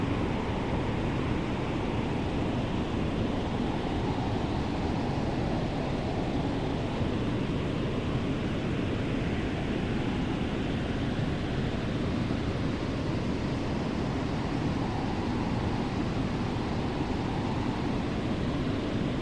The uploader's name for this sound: White Noise Heater & Winter Wind Sounds